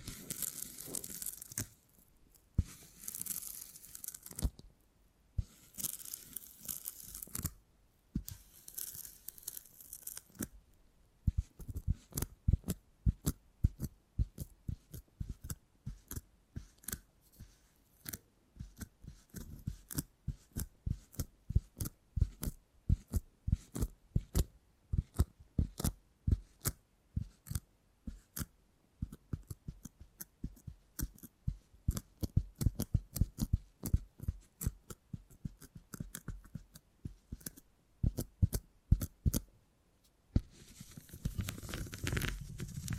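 Beeswax being handled and worked, giving crisp sticky snaps and crackles. The first ten seconds hold longer bright rasping strokes with short gaps, then dense, quick, irregular clicks and taps run through to the end, where a longer rasping stretch returns.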